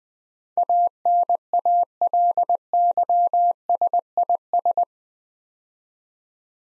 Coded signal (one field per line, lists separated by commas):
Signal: Morse code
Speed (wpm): 20 wpm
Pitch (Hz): 700 Hz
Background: none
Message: ANALYSIS